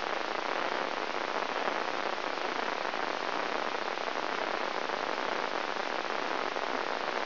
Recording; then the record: brain microelectrode recording played as sound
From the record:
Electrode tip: inside the subthalamic nucleus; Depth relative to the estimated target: -1.5 mm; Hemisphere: left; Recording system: AlphaMap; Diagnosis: Parkinson's disease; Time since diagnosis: 20 years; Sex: female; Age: 65 years